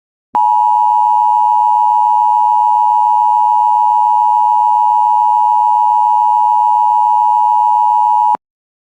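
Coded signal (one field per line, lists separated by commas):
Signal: Emergency Alert System (SAME) tones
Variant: 853 and 960 Hz attention tone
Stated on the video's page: Severe Thunderstorm Warning alert relayed on WJON-IP.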